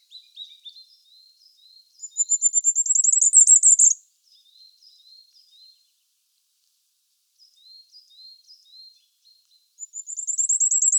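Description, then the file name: Firecrest song: a very high, rising run of thin notes, soft high notes afterward, then the start of another strophe. "ROITELET TRIPLE NORMAL MONO"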